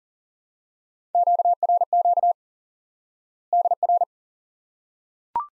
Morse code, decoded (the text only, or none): QRQ DR